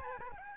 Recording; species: mosquito wingbeat signal from an infrared sensor; Aedes albopictus